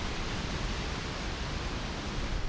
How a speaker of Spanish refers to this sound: Así baja con fuerza el caudal del río Genil en confluencia con el río Darro en la capital de Granada. Estamos sobre el puente romano.